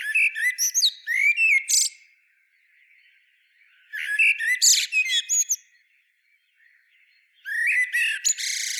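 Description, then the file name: Common blackbird song: three phrases of about two seconds, each a fluted warble breaking into high squeaky twitters, separated by short pauses. "Turdus merula"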